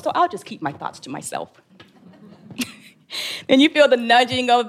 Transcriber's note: she laughs